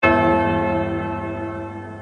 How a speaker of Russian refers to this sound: Оглушающе ударил колокол.